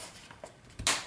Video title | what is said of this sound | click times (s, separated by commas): Samsung Phantom Menu Pop Up $5 "FIX" | make sure everything clicks nicely flip it over hold your power button | 0.9 s